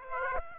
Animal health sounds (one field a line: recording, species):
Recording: mosquito wingbeat signal from an infrared sensor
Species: Aedes aegypti